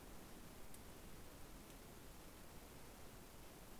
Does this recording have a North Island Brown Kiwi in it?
no